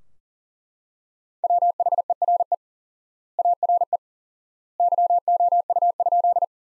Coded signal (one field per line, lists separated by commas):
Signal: Morse code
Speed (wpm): 40 wpm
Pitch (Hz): 700 Hz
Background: none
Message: WHERE ARE YOU?